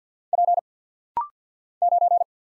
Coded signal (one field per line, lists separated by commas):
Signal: Morse code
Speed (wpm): 50 wpm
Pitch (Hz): 700 Hz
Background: none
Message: P 9